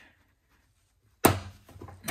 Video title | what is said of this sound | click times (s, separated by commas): How to remove your Porsche Boxster's HID headlights | we go that's the click so as I now take it through from there forward you should see see the light unit | 1.2 s